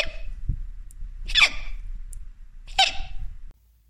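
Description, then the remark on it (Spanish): A little sheep's hiccups after eating a carrot too fast: two sharp, squeaky hiccups pop out about a second and a half apart, each a quick high-pitched vocal burst, over a faint low rumble with no talking. “La ovejita se comió la zanahoria tan rápido que le entró el hipo.”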